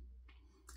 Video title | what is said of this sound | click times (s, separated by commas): Superior Cuts 3D Printed DE/Jordan's Summer Ale Soap/Shaving Factory Boar Brush - See links below! | um just until snug you'll hear a click couple of times and you're good | 0.3 s, 0.7 s